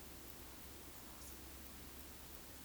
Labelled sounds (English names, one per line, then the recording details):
Eurasian Woodcock whistle
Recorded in Baden-Württemberg, Germany, on 13 June 2021 at 20:14 UTC
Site 23718, 552 m above sea level